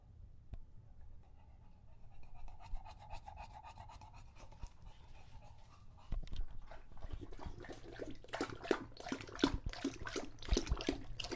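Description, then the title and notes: English Bulldog breathing quietly at first, then lapping water in quick repeated wet strokes that grow louder. Male English Bulldog named Lucho, drinking water from a bowl after a long walk, breathing heavily and out of breath between drinks. "English Bulldog Drinks from Water Bowl - Weird Sounds. listen to Lucho the English Bulldog as he tries to drink water after a long walk. Don't let his heavy breathing fool you in between drinks, he's equally out of breath from the walk"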